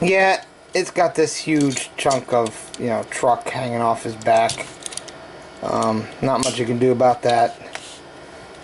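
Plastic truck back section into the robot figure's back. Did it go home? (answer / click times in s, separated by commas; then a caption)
yes / 7.8 s. Someone talks while the plastic truck-trailer section on the back of a Transformers Age of Extinction Silver Knight Optimus Prime robot figure (Target Exclusive) is pushed into position on the figure's back, with a few brief clicks around 4.9 to 5.1 seconds. A single sharp click at 7.8 seconds marks the section snapping into place, seated as shown.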